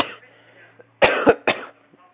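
Two coughs in quick succession from an adult, the first with a double burst.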